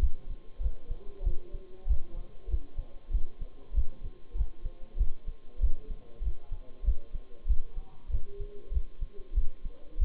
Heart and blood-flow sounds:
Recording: heart sounds by stethoscope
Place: between the tricuspid and mitral areas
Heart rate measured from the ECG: 96 bpm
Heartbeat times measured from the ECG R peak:
0.01 s: heartbeat
0.62 s: heartbeat
1.25 s: heartbeat
1.88 s: heartbeat
2.50 s: heartbeat
3.12 s: heartbeat
3.75 s: heartbeat
4.36 s: heartbeat
4.98 s: heartbeat
5.61 s: heartbeat
6.23 s: heartbeat
6.85 s: heartbeat
7.48 s: heartbeat
8.11 s: heartbeat
8.73 s: heartbeat
9.35 s: heartbeat
10.00 s: heartbeat
From the record:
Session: Bruce protocol treadmill stress test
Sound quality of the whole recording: partially saturated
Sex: male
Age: 23 years

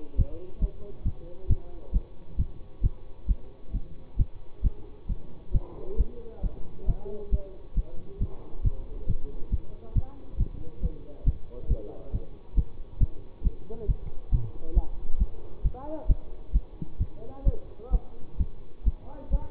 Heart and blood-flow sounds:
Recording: heart sounds by stethoscope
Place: between the tricuspid and mitral areas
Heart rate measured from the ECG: 135 bpm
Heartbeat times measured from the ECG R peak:
0.18 s: heartbeat
0.62 s: heartbeat
1.05 s: heartbeat
1.49 s: heartbeat
1.94 s: heartbeat
2.39 s: heartbeat
2.83 s: heartbeat
3.28 s: heartbeat
3.74 s: heartbeat
4.19 s: heartbeat
4.64 s: heartbeat
5.09 s: heartbeat
5.54 s: heartbeat
5.98 s: heartbeat
6.43 s: heartbeat
6.88 s: heartbeat
7.32 s: heartbeat
7.76 s: heartbeat
8.21 s: heartbeat
8.64 s: heartbeat
9.08 s: heartbeat
9.52 s: heartbeat
9.95 s: heartbeat
10.39 s: heartbeat
10.83 s: heartbeat
11.26 s: heartbeat
11.70 s: heartbeat
12.13 s: heartbeat
12.57 s: heartbeat
13.00 s: heartbeat
13.44 s: heartbeat
13.88 s: heartbeat
14.32 s: heartbeat
14.76 s: heartbeat
15.20 s: heartbeat
15.64 s: heartbeat
16.09 s: heartbeat
16.54 s: heartbeat
17.00 s: heartbeat
17.46 s: heartbeat
17.93 s: heartbeat
18.39 s: heartbeat
18.86 s: heartbeat
19.32 s: heartbeat
From the record:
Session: bicycle stress test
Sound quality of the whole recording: good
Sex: male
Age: 24 years

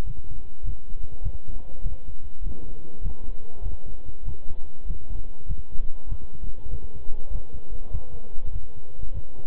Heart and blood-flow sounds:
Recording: heart sounds by stethoscope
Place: between the tricuspid and mitral areas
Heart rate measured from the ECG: 99 bpm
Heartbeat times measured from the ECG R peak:
0.04 s: heartbeat
0.63 s: heartbeat
1.21 s: heartbeat
1.81 s: heartbeat
2.41 s: heartbeat
3.01 s: heartbeat
3.61 s: heartbeat
4.23 s: heartbeat
4.85 s: heartbeat
5.46 s: heartbeat
6.07 s: heartbeat
6.68 s: heartbeat
7.30 s: heartbeat
7.90 s: heartbeat
8.50 s: heartbeat
9.12 s: heartbeat
From the record:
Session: walking at 3.7 km/h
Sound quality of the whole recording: good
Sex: male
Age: 26 years

